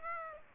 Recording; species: mosquito wingbeat signal from an infrared sensor; Aedes aegypti